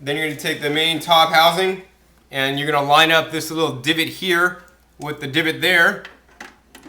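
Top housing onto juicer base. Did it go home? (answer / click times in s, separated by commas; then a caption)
yes / 6.4 s, 6.8 s. Someone talks while the main plastic top housing of a juicer is lined up by its divot and pressed onto the juicer base. Sharp clicks come at 6.4 s and 6.8 s as the housing locks into place.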